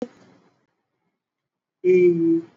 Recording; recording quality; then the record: sustained vowel as in beet; excellent, no background noise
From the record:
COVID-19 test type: RT-PCR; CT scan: not taken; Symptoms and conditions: cough, cold, sore throat, fever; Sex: male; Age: 26 years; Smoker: no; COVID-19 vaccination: both doses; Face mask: worn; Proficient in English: yes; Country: India